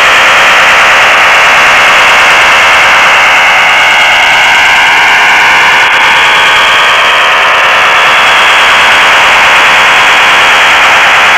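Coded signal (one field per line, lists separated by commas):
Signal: HF data modem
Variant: STANAG 4285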